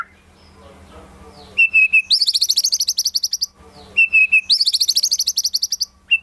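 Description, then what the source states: White-rumped shama song: a hushed low scratchy warble, then a loud steady whistle and rapid high buzzy trills, the pattern given twice. Lure recording used for trapping.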